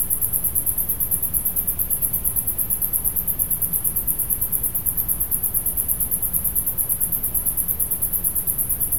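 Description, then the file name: Sword-bearing conehead song: a continuous, very high, rapidly pulsed buzz of ticking notes running steadily throughout, over low rumbling background noise. Recorded in Guelph, Ontario, on 2020-07-26. "Sword-bearing Conehead (Neoconocephalus ensiger) - Guelph, Ontario 2020-07-26"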